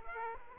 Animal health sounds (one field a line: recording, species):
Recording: mosquito wingbeat signal from an infrared sensor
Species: Aedes aegypti